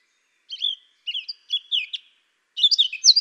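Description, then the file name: Eurasian blackcap with a few spaced, chirpy notes followed after a short gap by a louder, rapid burst of bright warbling. "Sylvia atricapilla"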